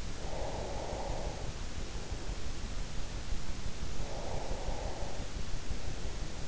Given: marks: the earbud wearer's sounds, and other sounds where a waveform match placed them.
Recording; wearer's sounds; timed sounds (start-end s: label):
sounds in sleep by an in-ear microphone; breath
0.00-2.13 s: breath
3.78-5.46 s: breath